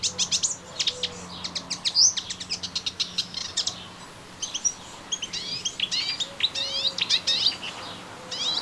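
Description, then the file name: Melodious warbler delivering a fast, jumbled twitter with squeaky rising and falling notes; a faint low hum and soft lower tones sit underneath. Recorded in a garden on 25 June 2017. "Orpheusspötter 2017 06 25 Garten"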